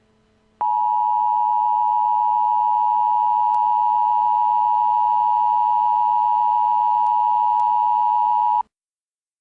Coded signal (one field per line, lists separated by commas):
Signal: Emergency Alert System (SAME) tones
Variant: 853 and 960 Hz attention tone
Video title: Emergency Alert System: "Send in the Clowns"